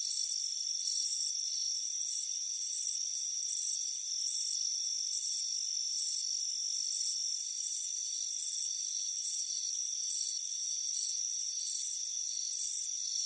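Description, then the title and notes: Chirping crickets in even, high pulsed bursts, backed by an unbroken shrill drone. Crickets chirping on a front porch on a warm afternoon. "Soothing Crickets Chirping Sound. It's a warm afternoon as you relax in a hammock on the front porch"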